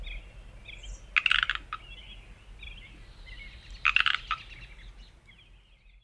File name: pacific tree frog